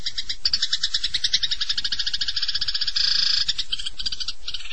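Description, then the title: Long-tailed shrike song: a fast, continuous buzzy trill with rattling pulses, briefly turning harsher and denser near the end. "Kicau Burung Pentet"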